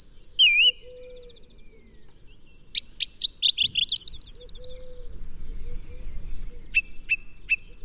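Song thrush song: a looping whistle, a run of sharp chattering notes, then a clear note repeated several times, over background noise.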